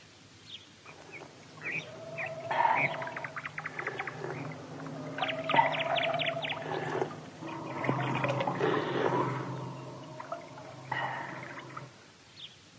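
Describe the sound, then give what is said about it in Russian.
Steady flowing water from a spring of clean water runs throughout, swelling into a louder gush midway, while high chirps and whistling calls ring out in bursts over it. No one speaks. “Родник с чистой водой.”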